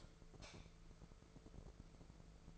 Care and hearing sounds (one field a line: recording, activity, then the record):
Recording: daily activity, microphone in the room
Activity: light off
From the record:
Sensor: 5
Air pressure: 1014.8 hPa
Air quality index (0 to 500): 172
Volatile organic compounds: 6 ppm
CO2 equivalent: 1889 ppm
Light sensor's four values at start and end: 55/133/54/56 and 54/130/52/54